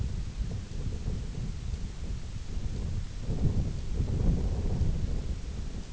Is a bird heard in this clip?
no